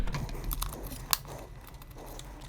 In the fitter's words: And make sure you push them firmly until they click into place.